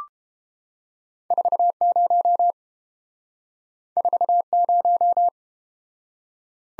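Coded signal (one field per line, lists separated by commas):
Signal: Morse code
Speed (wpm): 30 wpm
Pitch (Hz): 700 Hz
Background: none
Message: 40 40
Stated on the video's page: Morse code practice of two letter-number combinations in Speed-Racing format, starting at 1.5 times and slowing to a 22 wpm base; final repeat at maximum speed.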